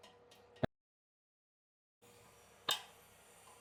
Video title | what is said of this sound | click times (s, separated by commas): How to fit an wall hung closet jaquar✅ | കണ്ട അപ്പ ആ സൗണ്ട് കേട്ടുണ്ട് നമ്മൾ ക്ലോസറ്റ് കറക്റ്റ് സീറ്റിങ് ആയിട്ടുണ്ട് | 0.6 s, 2.7 s